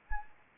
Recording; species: mosquito wingbeat signal from an infrared sensor; Anopheles arabiensis